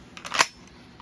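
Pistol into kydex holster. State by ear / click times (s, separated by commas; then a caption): seated / 0.4 s. A Canik LS-type pistol, a different model from the Canik MC9 Prime, is pushed into a kydex holster. It fits because its trigger guard sits in a different spot from the MC9 Prime's, which is in the wrong spot for the retention. A few light scraping ticks around 0.2–0.3 s build to a sharp snap at 0.4 s as the pistol seats in the holster's retention, followed by a faint tick near 1.0 s.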